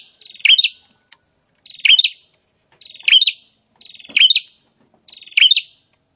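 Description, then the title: Prinia song: five strident rattling phrases, each a short buzz building into a sharp accented note, repeated about every 1.2 seconds. Prinia singing actively (gacor), presented to make listeners' own prinias more aggressive and vocal. "Prenjak gacor"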